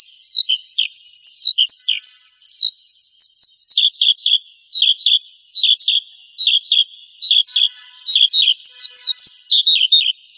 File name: suara burung branjangan